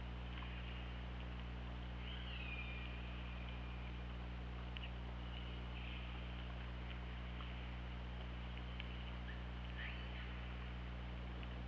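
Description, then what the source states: Orca calls, faint drawn-out tonal sweeps at a few points, under a steady low hum. Captured on an OrcaLab underwater hydrophone, 24 August 2017 at 21:12:22.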